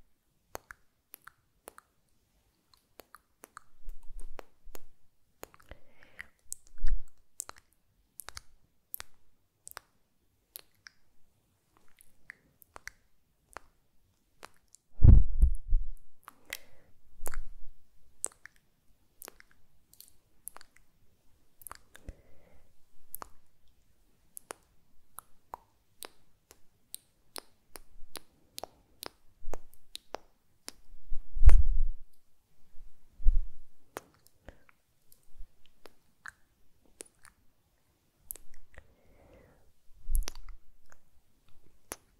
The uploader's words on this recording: ASMR KISS SOUNDS and MOUTH SOUNDS TEST WITH TASCAM.